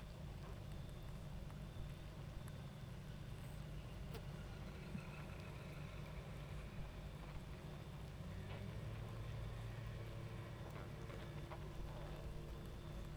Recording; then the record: honeybee colony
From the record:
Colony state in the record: active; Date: 28 July 2017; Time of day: 22:20